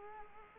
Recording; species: mosquito wingbeat signal from an infrared sensor; Culex quinquefasciatus